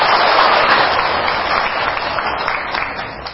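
An audience at the end of a Buddhist dharma lecture claps in a dense, continuous wash of applause that holds steady for a few seconds and eases off slightly toward the end, with no one speaking over it.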